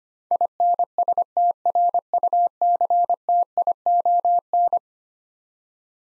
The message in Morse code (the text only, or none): INSTRUCTION